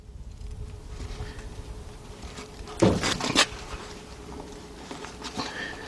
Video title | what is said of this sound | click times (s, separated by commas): ⭐ 2001 Ford Explorer - 4.0 - Fuel Pump And Fuel Filter Replacement | it didn't click but they don't want it all right we are ready to install this | none